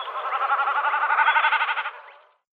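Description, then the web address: Common snipe drumming: a rapid, throbbing, bleating hum that fades away after about two seconds. "Schulze Peter Common Snipe drumming"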